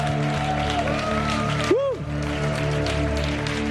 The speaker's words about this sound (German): lasst uns noch einen Andreas einen Applaus geben für den super Lobpreis bei dir